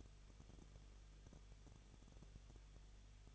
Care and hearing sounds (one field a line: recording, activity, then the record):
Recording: daily activity, microphone in the room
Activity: no activity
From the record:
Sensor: 4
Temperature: 23.0 degrees Celsius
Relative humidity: 34.2%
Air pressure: 1007.3 hPa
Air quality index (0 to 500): 213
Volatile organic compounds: 14 ppm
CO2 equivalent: 2455 ppm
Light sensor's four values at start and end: 2/3/1/1 and 2/3/1/1